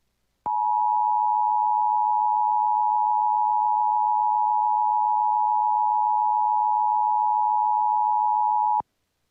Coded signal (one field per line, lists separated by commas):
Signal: Emergency Alert System (SAME) tones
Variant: 853 and 960 Hz attention tone